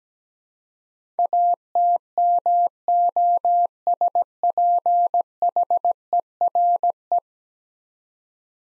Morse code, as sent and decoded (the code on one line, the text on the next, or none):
.- - -- --- ... .--. .... . .-. .
ATMOSPHERE